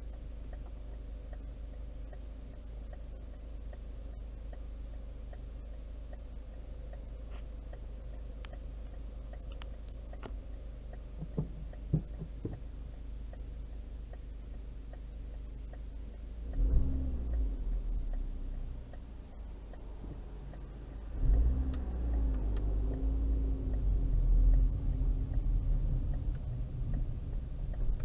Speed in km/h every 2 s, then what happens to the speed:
0, 0, 0, 0, 0, 0, 0, 0, 0, 0, 0, 0, 0, 0.
0-28 standing.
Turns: none.